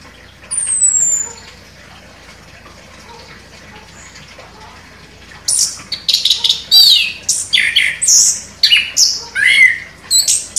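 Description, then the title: Orange-headed thrush song beginning with a lone thin whistle, then a dense burst of varied squeaky, chattering high notes filling the second half. Described as gacor, vigorously singing. "Anis Kembang Gacor"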